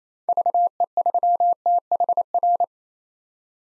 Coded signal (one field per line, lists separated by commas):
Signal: Morse code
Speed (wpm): 28 wpm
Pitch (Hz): 700 Hz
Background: none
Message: VE3THR